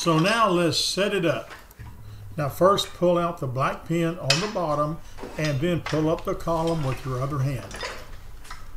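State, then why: Not seated. Someone talks while a Total Gym home gym machine is set up: the black spring locking pin at the bottom is pulled and the steel upright column is lifted by hand. The spring pin has not yet snapped into its hole in the column, so nothing has seated or clicked yet.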